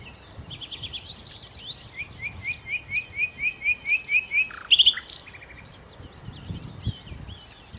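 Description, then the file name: Common nightingale song: a crescendo of about a dozen repeated whistled notes, rising in loudness, ending in a sharp, loud burst. "Nachtigall"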